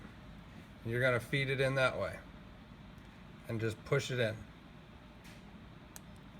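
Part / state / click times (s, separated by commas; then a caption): LED wire connector into backlit emblem socket / seated / 6.0 s. A small plastic wire connector for an RGB LED backlit badge is fed into its emblem socket with the tab toward the indentation and pushed in while someone talks. A sharp, short click is heard at 6.0 s, and the connector is seated firmly and won't come out.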